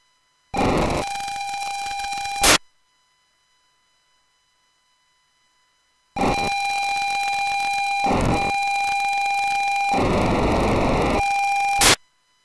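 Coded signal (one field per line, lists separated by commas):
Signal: POCSAG pager data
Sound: two bursts of harsh buzzing data noise with faint steady tones, ending in squelch hiss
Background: radio static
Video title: POCSAG P2000 system 169 650 MHz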